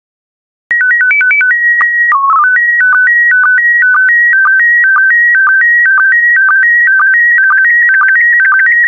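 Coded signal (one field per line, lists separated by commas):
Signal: SSTV (slow-scan television)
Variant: PD 120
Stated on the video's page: SSTV images of tropical plants sent in PD120 mode, daily decoding practice.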